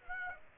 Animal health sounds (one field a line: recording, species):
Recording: mosquito wingbeat signal from an infrared sensor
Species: Aedes aegypti